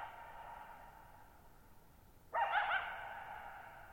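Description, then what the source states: Coyote giving one harsh harmonic bark after two seconds of quiet, its echo trailing away slowly through the remaining second and a half. Lone coyote at night, July 14, 2019, Thirtymile Meadows, Okanogan National Forest, Okanogan High Country, Pacific Northwest, 6400 ft (1950 m); high dry plateau, shallow-bowl meadow.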